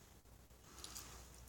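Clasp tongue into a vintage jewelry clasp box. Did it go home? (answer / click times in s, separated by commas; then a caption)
no / none. A clasp tongue is handled toward the clasp box of a cheaper vintage piece of jewelry, a lower-end clasp that closes fine and has for years. Quiet handling rustle with a few faint taps is heard, the sharpest near 0.8 s. Nothing has seated or clicked shut yet.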